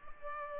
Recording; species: mosquito wingbeat signal from an infrared sensor; Culex pipiens